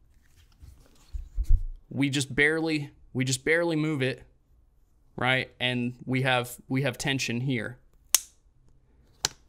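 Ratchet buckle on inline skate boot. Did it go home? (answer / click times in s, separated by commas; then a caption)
yes / 8.2 s, 9.2 s. Someone talks while the top ratchet buckle on a MyPowerslide Custom Hardcore Evo (2021) inline skate boot is moved just barely and ratcheted tighter under tension against its tight spring. Two sharp clicks ring out at 8.2 s and 9.3 s as the buckle seats.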